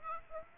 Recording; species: mosquito wingbeat signal from an infrared sensor; Aedes aegypti